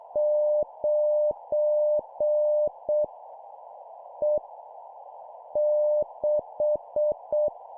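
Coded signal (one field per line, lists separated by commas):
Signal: Morse code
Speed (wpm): 6 wpm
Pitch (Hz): 600 Hz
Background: none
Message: 9 E 6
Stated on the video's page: Morse code copy practice of random letters and numbers sent at 7 wpm.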